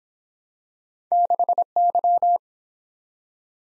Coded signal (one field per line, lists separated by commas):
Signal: Morse code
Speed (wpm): 23 wpm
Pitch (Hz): 700 Hz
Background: none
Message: 6Y